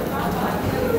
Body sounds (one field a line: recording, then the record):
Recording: background sound without coughing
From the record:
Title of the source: 40 min - Ambience sounds UNIVERSITY lunchroom chatting